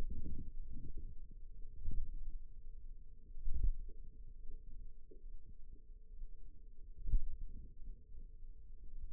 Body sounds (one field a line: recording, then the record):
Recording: forearm muscle sounds (acoustic myography)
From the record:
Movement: pen grasping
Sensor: system 2, bracelet of six BSWA MPA416 microphones around the upper forearm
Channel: 4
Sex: female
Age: 22 years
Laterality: right